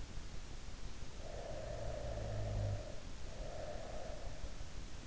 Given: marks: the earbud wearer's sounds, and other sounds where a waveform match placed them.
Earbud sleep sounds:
sounds in sleep by an in-ear microphone; snoring breath
1.02-4.57 s: snoring breath

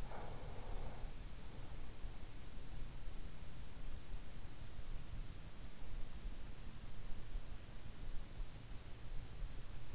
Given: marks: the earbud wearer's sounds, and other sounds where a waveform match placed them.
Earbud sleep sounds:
sounds in sleep by an in-ear microphone; breath
0.00-1.33 s: breath

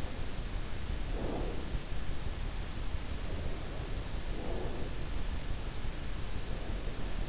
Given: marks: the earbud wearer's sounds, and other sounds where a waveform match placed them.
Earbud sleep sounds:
sounds in sleep by an in-ear microphone; breath
1.10-1.75 s: breath
4.33-4.95 s: breath

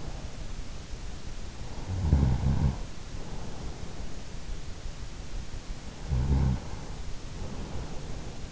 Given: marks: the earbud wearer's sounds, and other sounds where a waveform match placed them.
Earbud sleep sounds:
sounds in sleep by an in-ear microphone; snoring breath
1.94-3.14 s: snoring breath
6.01-8.52 s: snoring breath

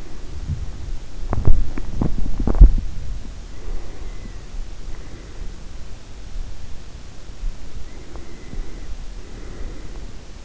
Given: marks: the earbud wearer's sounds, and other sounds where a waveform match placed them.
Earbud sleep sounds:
sounds in sleep by an in-ear microphone; breath, body movement, teeth grinding
0.00-2.02 s: breath
1.04-3.18 s: body movement
1.31-2.82 s: teeth grinding
3.47-6.01 s: breath
7.79-10.45 s: breath

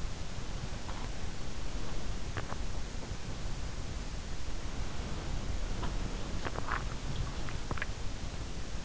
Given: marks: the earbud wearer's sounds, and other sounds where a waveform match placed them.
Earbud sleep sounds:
sounds in sleep by an in-ear microphone; body movement
0.50-8.85 s: body movement

